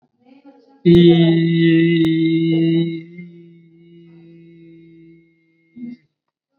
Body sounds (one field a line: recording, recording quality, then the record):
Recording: sustained vowel as in beet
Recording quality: excellent, no background noise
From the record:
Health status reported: COVID-19 positive, mild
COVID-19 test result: positive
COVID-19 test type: rapid antigen test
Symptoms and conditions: cough, fever, fatigue, muscle pain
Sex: male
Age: 20 years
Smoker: no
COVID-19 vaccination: both doses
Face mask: worn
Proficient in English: yes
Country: India